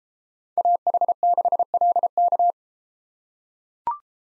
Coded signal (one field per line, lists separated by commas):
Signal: Morse code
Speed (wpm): 32 wpm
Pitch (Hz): 700 Hz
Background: none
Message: AH6LK